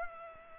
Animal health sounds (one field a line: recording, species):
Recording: mosquito wingbeat signal from an infrared sensor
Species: Culex pipiens